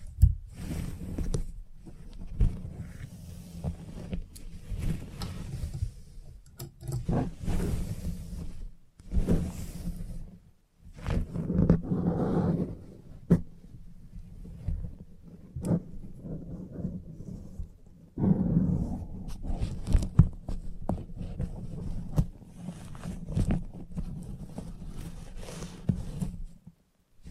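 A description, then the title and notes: A salon haircut with clippers: a steady low motor buzz runs through nearly the whole clip, dropping out briefly around 1, 9–10 and 18 seconds. Frequent bursts of rustling and scraping sit on top, thickest around 11–13 seconds and after 18. Salon Haircut Head Massage, Scissors and Clipper.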